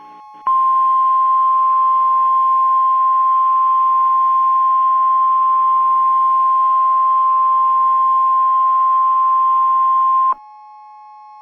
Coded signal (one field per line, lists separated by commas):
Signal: Emergency Alert System (SAME) tones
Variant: 1050 Hz attention tone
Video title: EAS Scenario - Barney Error By T3chyy (X-TRA REMASTERED) (SNEAK PEEK 2)